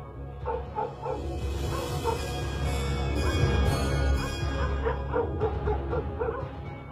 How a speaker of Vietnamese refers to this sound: Ở trong làng lập tức tiếng chó cắn ma sủa lên nhấm nha nhấm nhặng, tiếng gà qué kêu quang quác.